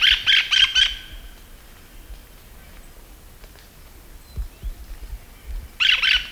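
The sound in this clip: Hispaniolan parakeet giving harsh, shrill screeches: a quick burst of several grating notes, a quiet stretch, then another screechy burst at the end.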